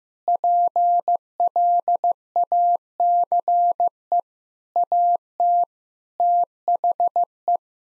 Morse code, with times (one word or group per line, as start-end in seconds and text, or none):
0.3-4.2 PLACE
4.8-5.6 AT
6.2-7.6 THE